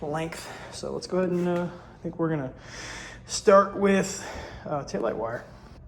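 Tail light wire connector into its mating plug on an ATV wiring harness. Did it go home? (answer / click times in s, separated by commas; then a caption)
no / none. Someone talks while handling a new two-wire (green to brown) tail light wire connector about to go into its mating plug on the wiring harness of a Honda TRX 400EX ATV. No click is heard, and the connector has not seated yet.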